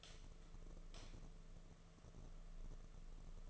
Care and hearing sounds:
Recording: daily activity, microphone in the room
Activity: light on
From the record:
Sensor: 4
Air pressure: 1015.6 hPa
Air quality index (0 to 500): 181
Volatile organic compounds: 8 ppm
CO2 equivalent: 2089 ppm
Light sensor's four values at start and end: 22/53/22/24 and 23/56/24/26

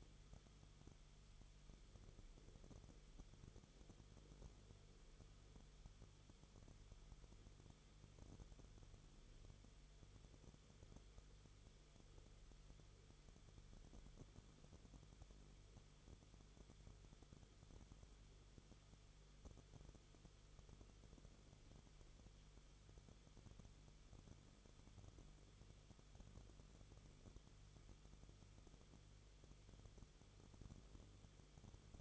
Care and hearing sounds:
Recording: daily activity, microphone in the room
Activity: no activity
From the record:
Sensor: 4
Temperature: 22.9 degrees Celsius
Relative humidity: 34.5%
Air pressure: 1011.5 hPa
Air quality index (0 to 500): 193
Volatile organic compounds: 13 ppm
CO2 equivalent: 2386 ppm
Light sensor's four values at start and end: 2/3/1/1 and 2/3/1/1

